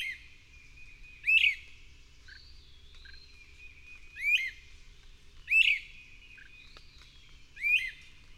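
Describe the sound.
Bird song: four loud chirped phrases with a quick rising sweep, separated by quieter soft notes and a faint drawn-out whistle.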